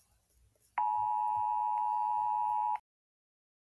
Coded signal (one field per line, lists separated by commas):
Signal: Emergency Alert System (SAME) tones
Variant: 853 and 960 Hz attention tone